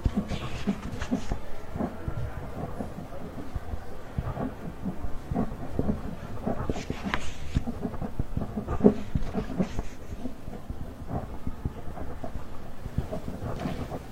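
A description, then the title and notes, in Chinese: Library ambience with a steady low murmur, frequent small clicks and taps like typing, and brief bright rustles of pages around seconds 1, 7 and 9. 公共图书馆沉浸式学习 图书馆环境音 打字声 写字翻书。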